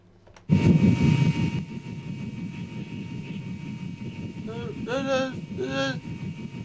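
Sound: helicopter rotor noise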